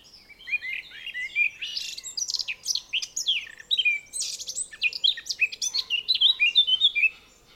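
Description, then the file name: Eurasian blackcap song, a lengthy jumble of quick scratchy and fluty notes, varied in pitch, delivered rapidly with little pause. "Sylvia atricapilla"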